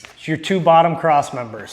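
Someone talks while handling the two bottom cross members of a plastic Spider Rack storage rack, which are meant to snap into fixed holes in the base. Only the voice is heard, and nothing has seated or clicked yet.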